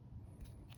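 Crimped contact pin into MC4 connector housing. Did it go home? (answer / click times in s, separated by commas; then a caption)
no / none. A crimped contact pin on the second cable is being pushed into its MC4 connector housing after checking that it is the correct connector. Over a steady low rumble there are faint handling rustles and a brief, light high-pitched tick near 0.7 s. Nothing has seated or clicked yet.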